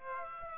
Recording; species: mosquito wingbeat signal from an infrared sensor; Aedes aegypti